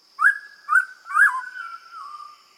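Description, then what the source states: Hooded Pitohui whistles: two short rising-and-falling whistled notes, then a longer slurred whistle that slowly drops in pitch, with a faint steady high tone behind. Bird of New Guinea that eats a toxic beetle and stores its toxin in skin and feathers.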